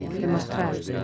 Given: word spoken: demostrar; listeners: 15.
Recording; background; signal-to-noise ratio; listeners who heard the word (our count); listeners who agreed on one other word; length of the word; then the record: one Spanish word in noise, from a listening test; eight-talker babble; 0.7 dB; 6 of 15; 8 of 15; 0.64 s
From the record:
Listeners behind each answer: 8, 6, 1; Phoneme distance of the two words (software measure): 14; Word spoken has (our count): 3 syllables, 9 phonemes, stress on syllable 3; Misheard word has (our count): 2 syllables, 7 phonemes, stress on syllable 2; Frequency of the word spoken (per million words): 37.62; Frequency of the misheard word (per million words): 35.08